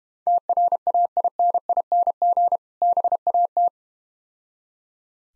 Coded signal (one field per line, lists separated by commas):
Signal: Morse code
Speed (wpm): 31 wpm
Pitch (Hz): 700 Hz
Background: none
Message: TRAINING BAT